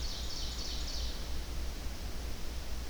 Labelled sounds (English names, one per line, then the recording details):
Ovenbird song
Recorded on 25 June 2016 at 05:54
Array SBT-6-76